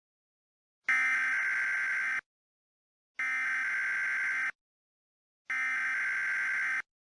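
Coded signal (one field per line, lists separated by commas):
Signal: Emergency Alert System (SAME) tones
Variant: header bursts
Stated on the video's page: Fictional EAS scenario story, not a real alert.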